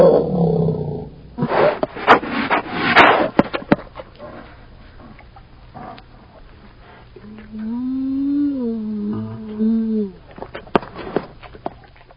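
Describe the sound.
Bear sounds: rough bursts and rustling noises, then a drawn-out low moaning growl with a wavering tone lasting a few seconds.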